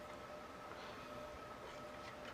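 A RAM module is held with its pins lined up over a motherboard DIMM memory slot, ready to be pushed in. Only a steady, even background noise with faint constant tones near 600 Hz and 1.2 kHz is heard, with no sudden sounds. Nothing has seated or clicked yet.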